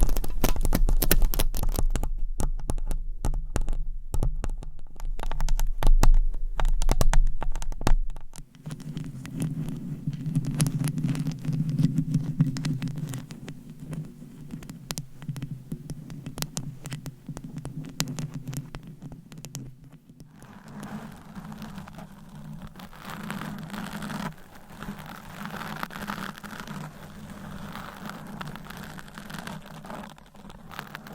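Mic scratching in three distinct stretches. For the first eight seconds it is loud and rough, with rapid crackly strokes and a deep rumble underneath; then it turns into a softer, muffled low rubbing, and after twenty seconds the scratching gains a brighter, hissy texture.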